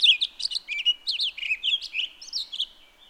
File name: Townsend's Solitaire